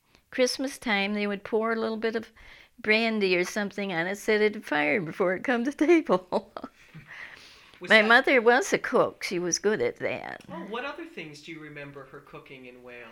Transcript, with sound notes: Christmas time, they would pour a little bit of brandy or something on it and set it on fire before it would come to table. (she laughs) My mother was a cook, she was good at that.
Oh, what other things do you remember her cooking in Wales?